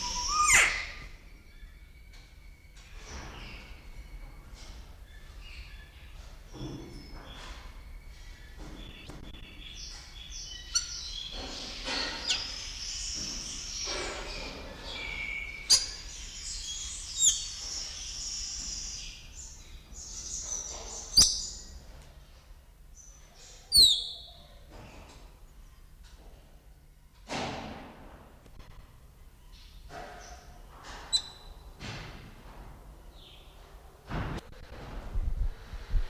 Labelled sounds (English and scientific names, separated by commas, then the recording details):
Sulawesi Myna (Basilornis celebensis) call, Guinea Turaco (Tauraco persa)
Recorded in captivity
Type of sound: call
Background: Tauraco persa
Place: Zoo Berlin, Berlin, DE
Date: 1993-03-06
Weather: 3-6°C, heiter bis wolkig
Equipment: Marantz CP 430, Sennheiser ME 80, Kopie Uher Variocord 263
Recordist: Tembrock, Günter
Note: Diverse Lautformen (2 m)